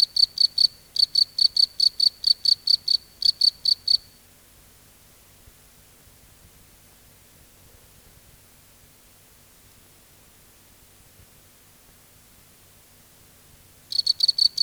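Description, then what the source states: Cricket chirps quickly in brief bursts for about four seconds, then a long near-silent stretch follows before the rapid chirping starts again at the end. Crickets at night in a field.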